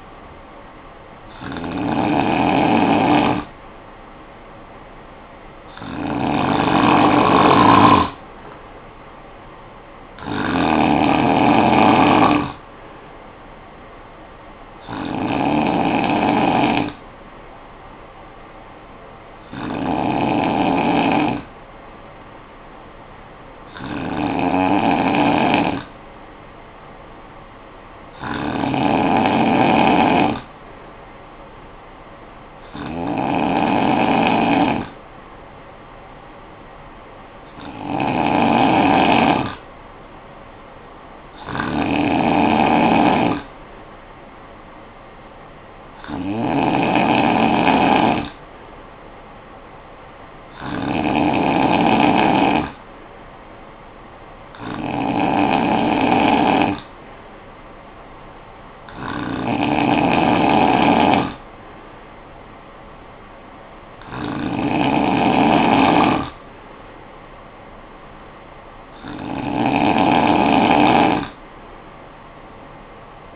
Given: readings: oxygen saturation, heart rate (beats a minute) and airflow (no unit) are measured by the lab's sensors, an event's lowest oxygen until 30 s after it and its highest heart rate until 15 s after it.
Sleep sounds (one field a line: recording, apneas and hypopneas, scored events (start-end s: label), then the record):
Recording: breathing in sleep by a voice recorder at the bedside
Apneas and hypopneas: 1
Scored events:
17.00-32.60 s: hypopnea (N2, oxygen 95% highest, then 92% lowest, heart rate 53 at the start, 56 highest)
From the record:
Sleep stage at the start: N2 (light sleep)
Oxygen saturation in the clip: 92 to 95%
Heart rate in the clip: 52 to 60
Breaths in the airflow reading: 16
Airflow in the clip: -11.5 to 5.6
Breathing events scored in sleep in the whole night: 445 in 7.6 hours asleep